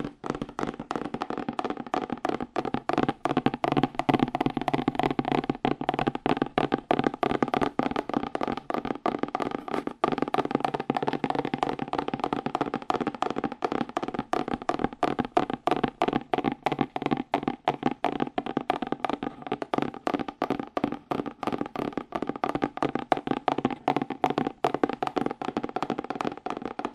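Fast, aggressive tapping on cardboard runs without pause for the whole stretch, a dense rattle of quick, hard hits with hardly any gaps. The taps have a hollow, papery knock centered in the low mids, and the pace and loudness stay even from start to finish.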